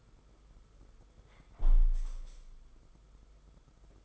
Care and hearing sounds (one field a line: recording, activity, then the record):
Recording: daily activity, microphone in the room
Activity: close window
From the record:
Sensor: 5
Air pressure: 991.5 hPa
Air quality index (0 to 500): 109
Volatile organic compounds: 25 ppm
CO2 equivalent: 2839 ppm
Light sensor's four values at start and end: 39/127/48/51 and 39/126/48/51